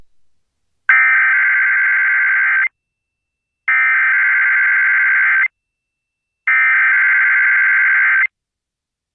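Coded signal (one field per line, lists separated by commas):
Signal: Emergency Alert System (SAME) tones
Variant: header bursts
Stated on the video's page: Monthly test received on an FM station; this one includes a 1050 hertz tone.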